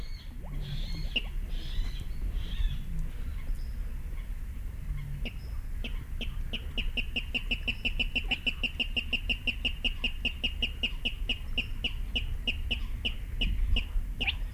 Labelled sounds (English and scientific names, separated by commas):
Spotted Crake (Porzana porzana)